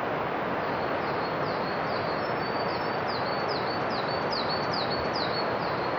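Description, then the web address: Bird calling: a high, thin note that drops then levels off, repeated quickly over a steady roar of river water. Forest in Akita with a distant river; looped ambience. "Sound Effects-Foundation AMBIENCE AKITA FOREST BIRDS MANY DISTANT RIVER"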